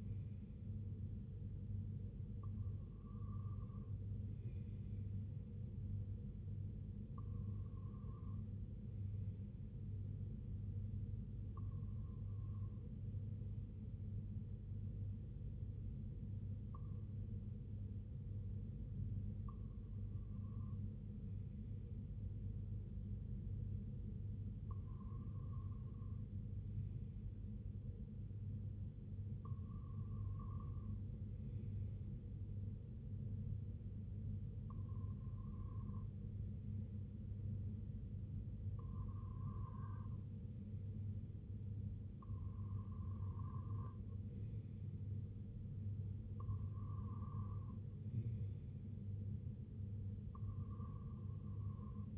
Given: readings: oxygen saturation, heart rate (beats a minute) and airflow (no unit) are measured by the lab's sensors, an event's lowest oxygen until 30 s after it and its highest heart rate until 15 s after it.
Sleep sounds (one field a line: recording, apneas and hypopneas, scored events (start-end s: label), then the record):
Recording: breathing in sleep by a smartphone at the bedside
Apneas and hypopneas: none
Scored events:
none scored
From the record:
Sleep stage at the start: REM sleep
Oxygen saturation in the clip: 93 to 95%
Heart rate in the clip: 61 to 71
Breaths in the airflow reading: 12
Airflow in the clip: -5.5 to 3.2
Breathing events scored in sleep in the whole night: 258 in 7.4 hours asleep